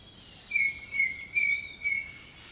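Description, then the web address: Bird song of four level whistled notes run together in a smooth line, over a background of high insect buzzing. Jungle birdsong. "Echoes of Nature - Jungle Talk 01 Jungle Birdsong"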